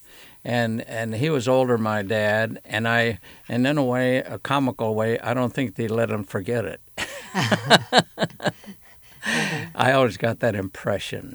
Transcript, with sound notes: And he was older than my dad and I - and in a way - a comical way I don't think they let he forget it (both laugh)
Ah ha.
I always got that impression.